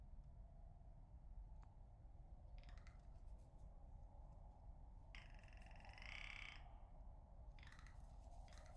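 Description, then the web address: Rock ptarmigan giving a short rasp, then a long, harsh, rattling croak, followed by another brief rasp, over a constant low rumble. Recorded with a Lewitt LCT 540 S microphone, 13 April 2019. "2019 04 13 lewitt lct 540 s and rock ptarmigan"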